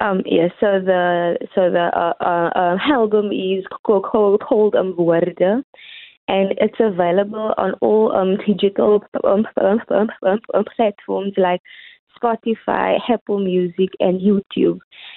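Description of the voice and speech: An adult woman with lifelong stuttering, which disappears when she sings, answers an interview question in mostly fluent speech. It is broken by repeated phrase starts, quick sound and syllable repetitions, a run of repeated 'uh' sounds and stretched sounds before words. These are mild stuttering disfluencies.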